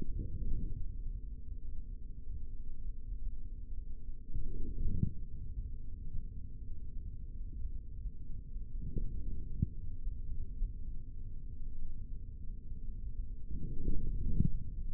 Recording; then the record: forearm muscle sounds (acoustic myography)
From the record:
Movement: forearm pronation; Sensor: system 3, bracelet of six PUI Audio POM-2738L microphones around the upper forearm, with dedicated amplification and filtering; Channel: 3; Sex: male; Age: 25 years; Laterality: right